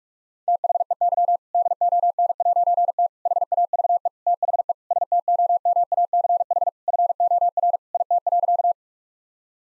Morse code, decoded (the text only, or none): THEY DON'T HAVE THE STOMACH FOR IT.